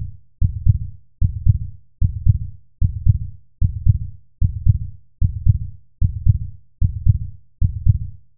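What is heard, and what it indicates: Low, thudding adult heartbeats repeat in a steady, regular rhythm at about 75 beats a minute. Each beat has a sharp first thump followed by a softer, rumbling tail. No voices or other sounds intrude.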